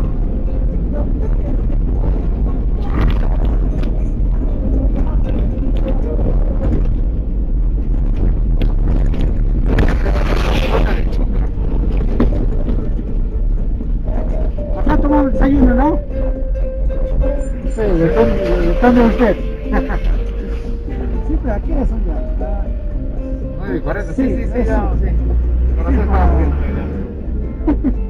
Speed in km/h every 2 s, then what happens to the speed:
54, 52, 50, 47, 42, 36, 29, 19, 7, 2, 3, 8, 15, 21.
0-18 slows to 2. 18-28 pulls away to 21.